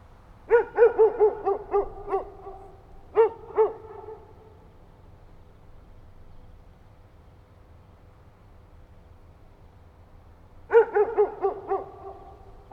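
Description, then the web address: Dog barking in quick bursts of sharp yaps, a pause of several seconds, then another rapid burst, over a low steady hum. "Effects 02-Birds, Insects Animals. Animals dogs"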